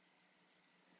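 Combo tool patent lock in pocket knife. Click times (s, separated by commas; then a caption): 0.5 s. Fingers press down the patent lock of the combo tool on a new Swiss army knife so that it locks the tool in place when it is pushed into something. A short, sharp, high-pitched click sounds at 0.5 s over a steady low hiss. The lock moves down and seats.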